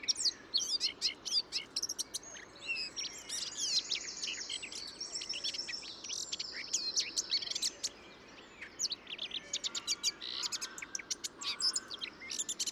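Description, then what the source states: Bird song mixing harsh buzzy stretches, rapid clicks and thin whistles, varied and continuous, with a lower burred note late on. Described as hyper-imitative.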